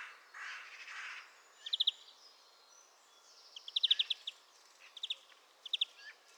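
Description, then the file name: European greenfinch uttering quick clipped notes in short bursts, repeated several times over a soft hissing background. "Chloris chloris"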